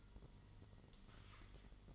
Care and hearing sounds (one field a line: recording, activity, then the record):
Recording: daily activity, microphone in the room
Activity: light off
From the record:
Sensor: 4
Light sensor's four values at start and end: 13/29/11/11 and 13/29/12/11